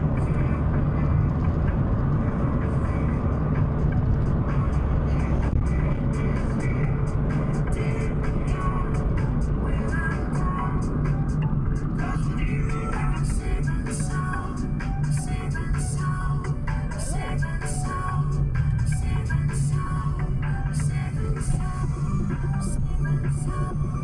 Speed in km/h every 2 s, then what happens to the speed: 82, 80, 75, 70, 66, 59, 49, 37, 29, 28, 29, 30.
0-15 brakes to 29. 15-24 steady at about 29.